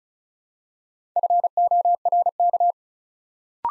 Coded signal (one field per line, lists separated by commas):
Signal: Morse code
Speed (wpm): 36 wpm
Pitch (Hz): 700 Hz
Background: none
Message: FORK